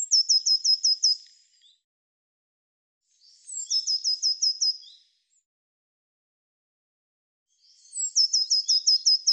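Bird singing three high-pitched phrases, each a rapid series of six or seven bright, down-slurred chirps, with pauses between.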